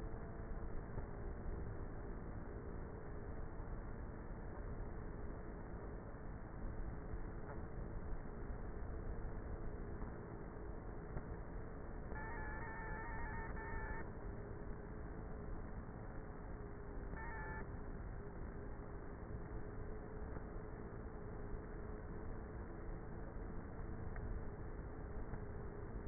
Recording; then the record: honeybee colony, microphone inside the hive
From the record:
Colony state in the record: queenless with a low population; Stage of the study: before two queens were removed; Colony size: about 30,000 bees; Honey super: no